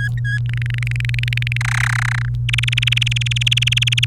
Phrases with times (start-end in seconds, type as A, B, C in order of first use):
0.00-0.38 A, 0.46-1.57 B, 1.61-2.29 C, 2.49-4.05 D